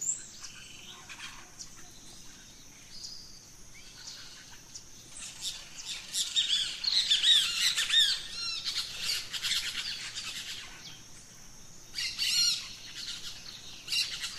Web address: Birds in the Rainforest Dawn Venezuela Gran Sabana